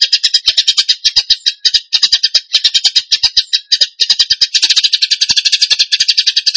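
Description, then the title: Bird song: harsh, buzzy high notes delivered in quick, uneven bursts, nearly continuous. Masteran (training recording) of bird song in tembakan gacor style. "Masteran Burung Tembakan Gacor"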